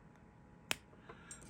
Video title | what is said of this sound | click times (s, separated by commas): WATERMAN LADY AGATHA FOUNTAIN PEN | there you go clicks on as it should with a very satisfying click | 0.7 s